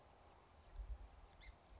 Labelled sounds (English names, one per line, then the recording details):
Song Sparrow
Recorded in Sonoma County, California